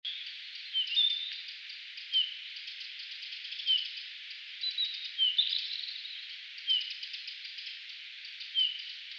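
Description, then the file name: Eurasian bullfinch calls: soft, short descending piping whistles repeated every one to two seconds over a steady hiss of background noise. "Pyrrhula pyrrhula"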